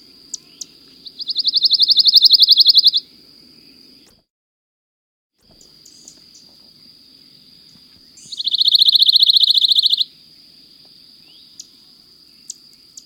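Pine warbler song: two even, rapid trills about two seconds long, separated by several seconds. A high-pitched whine and scattered clicks are heard around them.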